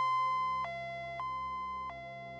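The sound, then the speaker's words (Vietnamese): An ambulance siren sounds alone in a steady two-tone pattern, switching between a high and a slightly lower pitch about every half second to second, loud and sustained, echoing through an upscale villa neighborhood on a cold, misty night. “Trong màn đêm sương lạnh, người ta nghe thấy tiếng bước chân dồn dập, tiếng người dục dã hốt hoảng, tiếng xe cấp cứu vang vọng cả khu biệt thự cao cấp.”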